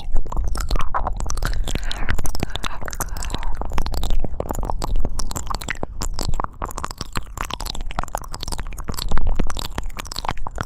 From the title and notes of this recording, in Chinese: 纯享版口腔音双耳音效。